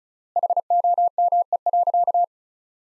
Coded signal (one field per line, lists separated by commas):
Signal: Morse code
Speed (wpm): 36 wpm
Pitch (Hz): 700 Hz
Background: none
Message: HOME.